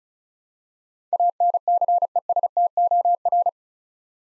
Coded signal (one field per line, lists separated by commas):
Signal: Morse code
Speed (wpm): 36 wpm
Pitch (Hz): 700 Hz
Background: none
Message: ANCESTOR